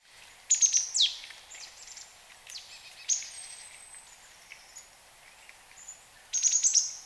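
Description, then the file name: Marsh tit calls: a burst of high chips, then a quick downward-sweeping note, then scattered thin notes, and a final cluster of sharp high chips. "Poecile palustris"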